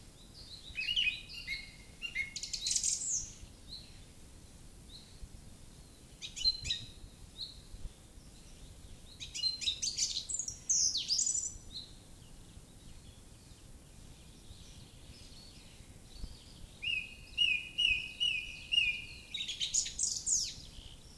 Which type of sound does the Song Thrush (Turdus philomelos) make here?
song